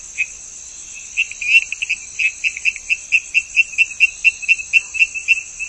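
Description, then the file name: Brown tree frog giving a series of short, high chirps that become steady and regular, against a constant thin high whine. "Chirixalus idiootocus"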